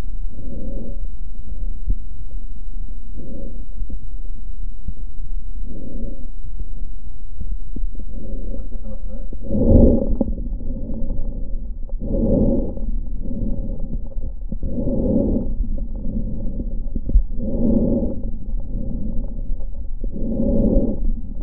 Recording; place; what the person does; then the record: lung sounds by stethoscope; left posterior basal chest; quiet breathing, then deep breathing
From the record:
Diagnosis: interstitial lung disease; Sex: female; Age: 70 years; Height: 160 cm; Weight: 93 kg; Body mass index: 36.3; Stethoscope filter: diaphragm mode